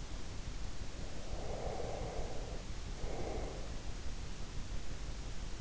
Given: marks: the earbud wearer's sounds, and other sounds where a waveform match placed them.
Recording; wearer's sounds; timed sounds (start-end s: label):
sounds in sleep by an in-ear microphone; breath
0.87-3.90 s: breath